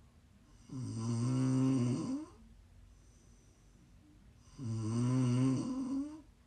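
Two loud snores from an adult sleeper, each about a second and a half long, with a strong low rumbling buzz and rich harmonics. A quiet breathing pause separates them.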